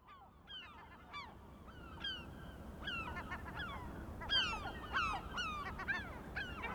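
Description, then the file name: Gulls calling, a few scattered mewing cries at first, building into a busier burst of overlapping downslurred yelps toward the end. Recorded 23 May 2004. "Mouettes 040523"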